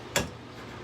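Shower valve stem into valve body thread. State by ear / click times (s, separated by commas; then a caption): seated / 0.2 s. A Delta shower cartridge stem is put back into its valve body and turned by hand. A sharp click at 0.2 s fades over about a tenth of a second, then only quiet background remains. The threads catch and the stem seats back into its thread.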